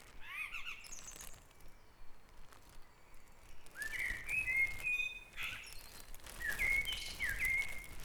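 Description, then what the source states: Birdsong with a quick run of chirps at the start, then whistled, warbling phrases repeated a few times, low hum underneath. Dawn chorus on Back Dragon Avenue in Harrogate, part of a sound map of the town.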